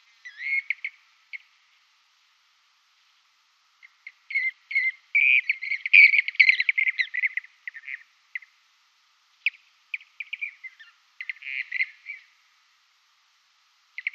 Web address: Schulze Peter Blue-cheeked Bee-eater